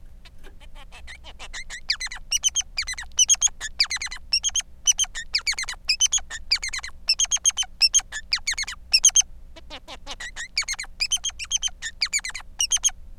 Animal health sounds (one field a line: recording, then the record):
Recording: song of a male Bengalese finch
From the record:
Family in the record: son of father 3